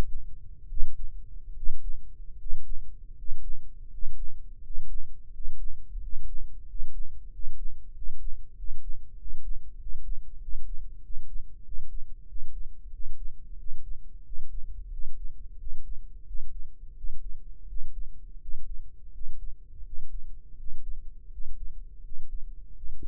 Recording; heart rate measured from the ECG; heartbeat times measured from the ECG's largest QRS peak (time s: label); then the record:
heart sounds by microphone in the right ear; 87 bpm
0.68 s: heartbeat
1.53 s: heartbeat
2.36 s: heartbeat
3.13 s: heartbeat
3.87 s: heartbeat
4.59 s: heartbeat
5.29 s: heartbeat
5.98 s: heartbeat
6.64 s: heartbeat
7.29 s: heartbeat
7.91 s: heartbeat
8.53 s: heartbeat
9.15 s: heartbeat
9.76 s: heartbeat
10.38 s: heartbeat
11.00 s: heartbeat
11.62 s: heartbeat
12.25 s: heartbeat
12.90 s: heartbeat
13.56 s: heartbeat
14.22 s: heartbeat
14.89 s: heartbeat
15.57 s: heartbeat
16.24 s: heartbeat
16.94 s: heartbeat
17.66 s: heartbeat
18.39 s: heartbeat
19.11 s: heartbeat
19.83 s: heartbeat
20.56 s: heartbeat
21.29 s: heartbeat
22.01 s: heartbeat
22.73 s: heartbeat
From the record:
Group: healthy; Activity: breath hold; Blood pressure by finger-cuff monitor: 96/68 mmHg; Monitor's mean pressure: 75 mmHg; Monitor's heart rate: 88 bpm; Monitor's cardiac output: 6.1 L/min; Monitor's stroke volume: 70 mL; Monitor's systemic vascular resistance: 850 dyn s/cm5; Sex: male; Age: 21 years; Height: 170 cm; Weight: 71 kg